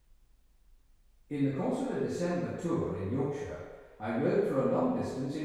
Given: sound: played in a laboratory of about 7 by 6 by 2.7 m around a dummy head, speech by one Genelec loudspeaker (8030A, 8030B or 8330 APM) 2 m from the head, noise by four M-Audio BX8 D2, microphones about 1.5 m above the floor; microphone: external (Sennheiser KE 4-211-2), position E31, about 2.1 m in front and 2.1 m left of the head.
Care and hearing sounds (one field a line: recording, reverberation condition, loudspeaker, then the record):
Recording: male speech in English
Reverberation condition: high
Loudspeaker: 30 degrees to the left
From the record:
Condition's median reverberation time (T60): about 1300 ms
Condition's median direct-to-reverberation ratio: about -4.0 dB